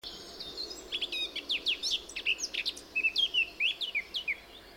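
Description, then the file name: Eurasian blackcap song, a rapid warbling run of varied sliding and chirping notes, rich and tumbling, continuing throughout over a soft background hiss. "Sylvia atricapilla"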